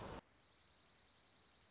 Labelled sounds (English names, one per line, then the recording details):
Dark-eyed Junco
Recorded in Sonoma County, California